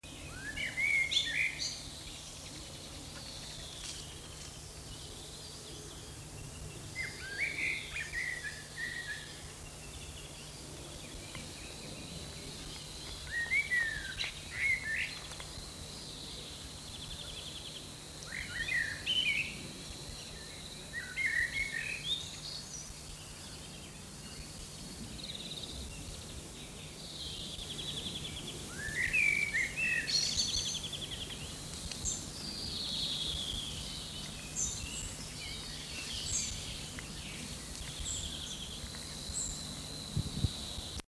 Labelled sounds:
Common Blackbird song
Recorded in the wild
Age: adult
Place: Botanische Anlage Blankenfelde, Berlin, DE
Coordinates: 52.603, 13.4
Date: 2003-06-29 14:02
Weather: fair, 26°C
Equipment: Fair Mate ST-1328 (Asahi Electronics, Japan), Sennheiser ME 80, Kopie Uher 4000 Report Monitor
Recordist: Tembrock, Günter
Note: Gesang (kurze Strecke)

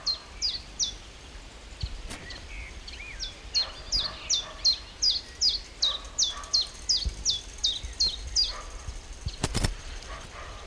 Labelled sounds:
Common Chiffchaff
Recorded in the wild
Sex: male
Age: adult
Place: Lübars (Fließtal), Berlin, DE
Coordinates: 52.6175, 13.3625
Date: 1998-05-23 18:18
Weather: cloudy, 15°C
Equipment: Sony MD-WM MZ-R3, Sennheiser MKH 416 T, Kopie Uher 4000 Report Monitor
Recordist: Tembrock, Günter

